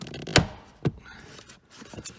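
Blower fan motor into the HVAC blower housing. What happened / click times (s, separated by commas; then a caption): The blower motor snapped into its housing / 0.4 s. A replacement blower fan motor for a 2009 Silverado is worked up into the HVAC blower housing under the dash. It snaps sharply into place at 0.4 s, followed by a softer knock near 0.9 s and faint handling noise. The motor is seated and locked in the housing.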